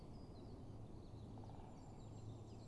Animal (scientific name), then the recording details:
Dendrocopos major. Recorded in Germany. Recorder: ecoPi